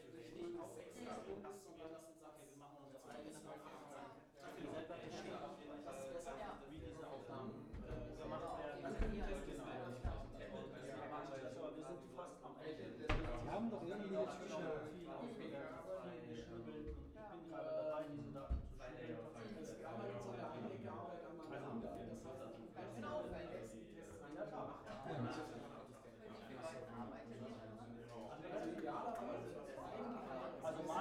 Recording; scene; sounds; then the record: everyday scene through a hearing-aid microphone; many people talking; many voices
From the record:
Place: bistro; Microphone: behind the ear, left, front